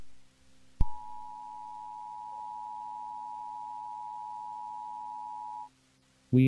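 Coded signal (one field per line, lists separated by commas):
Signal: Emergency Alert System (SAME) tones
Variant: 853 and 960 Hz attention tone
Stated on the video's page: Fictional simulated EAS alert containing valid EAS tones.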